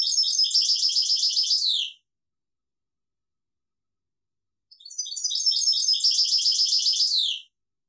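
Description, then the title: European goldfinch song: a rapid, tinkling phrase ends in a descending trill, followed after a long silence by a second similar twittering phrase. "Chant Chardonneret"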